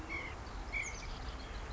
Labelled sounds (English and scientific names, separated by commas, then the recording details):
White-breasted Nuthatch (Sitta carolinensis)
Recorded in Sonoma County, California